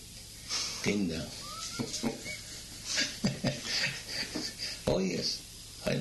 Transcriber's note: laughter